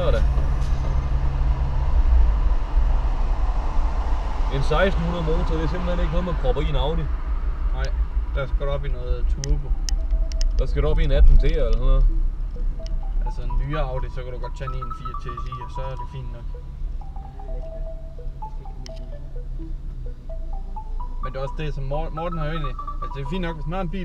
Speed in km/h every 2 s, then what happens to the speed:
48, 45, 40, 35, 30, 23, 16, 11, 3, 0, 0, 0.
0-17 slows to 0. 17-24 standing.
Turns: none.